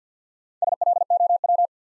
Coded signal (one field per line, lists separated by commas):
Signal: Morse code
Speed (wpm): 54 wpm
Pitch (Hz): 700 Hz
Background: none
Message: SLOW